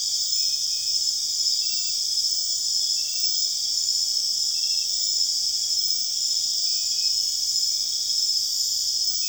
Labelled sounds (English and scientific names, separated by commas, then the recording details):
none
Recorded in secondary vegetation near Puerto Asís, Putumayo, Colombia, on 22 June 2025 at 21:00
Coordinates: 0.485, -76.322
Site GP06